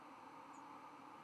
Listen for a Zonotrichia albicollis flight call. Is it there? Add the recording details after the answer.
no. Another species' flight call is heard. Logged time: 03:10 on 11 November 2014